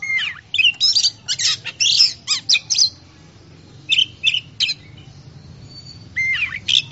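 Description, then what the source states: Oriental magpie-robin song in loud bursts of whistled and buzzy notes, separated by a couple of short silent gaps. Champion singing bird.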